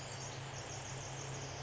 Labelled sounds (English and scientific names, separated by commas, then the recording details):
Pacific Wren (Troglodytes pacificus)
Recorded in Sonoma County, California